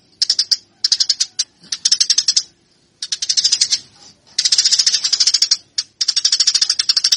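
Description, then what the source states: Eurasian tree sparrow chirps in clipped bursts of rapid, high notes, each burst lasting under a second to over a second, separated by short silences. Fighting (tarung) song style; used as master training material.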